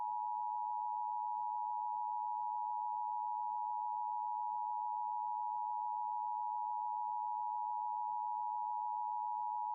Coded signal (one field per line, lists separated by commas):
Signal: Emergency Alert System (SAME) tones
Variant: 853 and 960 Hz attention tone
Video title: SPECIAL EDITION: DX Central Live | Auroral Enhancement | Sunday, February 26, 2023